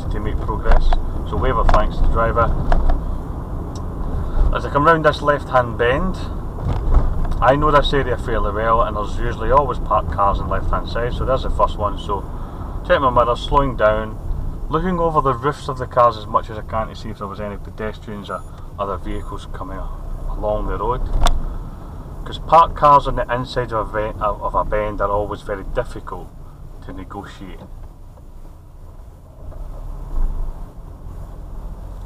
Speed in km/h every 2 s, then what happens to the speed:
34, 35, 37, 34, 32, 29, 24, 18, 15, 16, 23, 21, 16, 11, 11, 16.
0-9 steady at about 34. 9-15 slows to 15. 18-20 speeds up to 23. 20-26 slows to 11. 26-32 steady at about 11.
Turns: none.